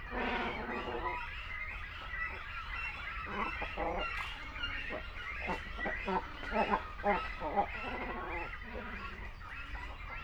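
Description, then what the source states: Great cormorant colony with guttural, nasal croaking calls in short repeated bursts, several birds overlapping against a constant background of chatter. Continental great cormorant, calling at a colony.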